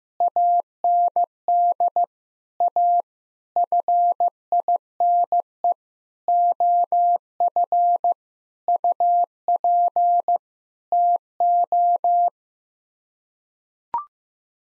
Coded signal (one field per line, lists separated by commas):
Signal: Morse code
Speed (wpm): 15 wpm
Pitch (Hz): 700 Hz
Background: none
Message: AND A FINE OF UP TO